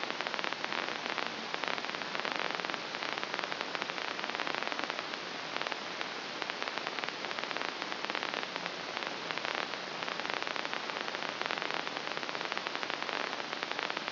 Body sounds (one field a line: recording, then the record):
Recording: brain microelectrode recording played as sound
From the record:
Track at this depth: inside the subthalamic nucleus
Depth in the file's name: 2.335 mm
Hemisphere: left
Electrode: 2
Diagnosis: Parkinson's disease